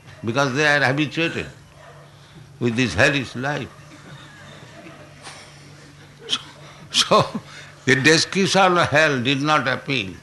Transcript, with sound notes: because they are habituated with this hellish life. [laughing] So the description of hell did not appeal.